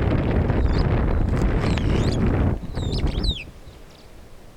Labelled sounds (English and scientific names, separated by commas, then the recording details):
Superb Starling (Lamprotornis superbus) flight call
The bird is a male
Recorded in Kenya on 21 July 2010
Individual 83, of group SRB1